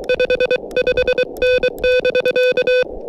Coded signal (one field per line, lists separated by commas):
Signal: Morse code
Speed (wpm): 24 wpm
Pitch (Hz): 500 Hz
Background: none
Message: 5 5N <BK>